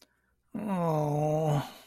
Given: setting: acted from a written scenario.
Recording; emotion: vocal sound without words; guilt